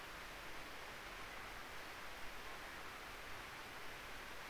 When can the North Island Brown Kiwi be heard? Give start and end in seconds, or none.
none